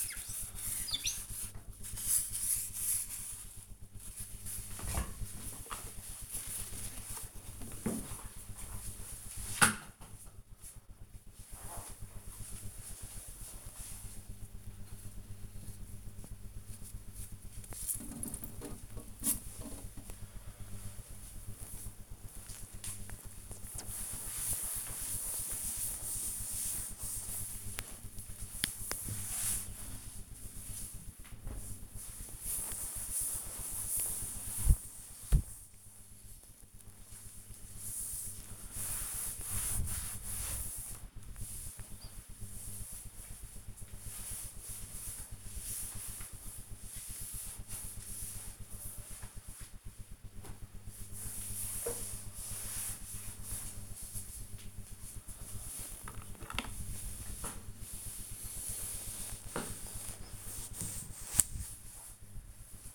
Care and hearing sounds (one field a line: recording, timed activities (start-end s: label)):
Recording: household activities, microphone on the right wrist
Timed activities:
0.00-5.05 s: window cleaning
17.15-62.95 s: cleaning table